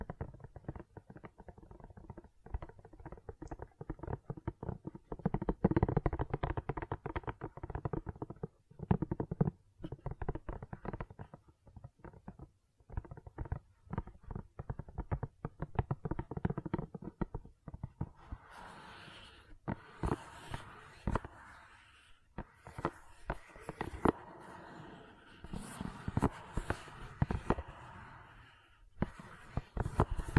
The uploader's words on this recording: ASMR Gentle Silicon Sounds for Sleep (No Talking).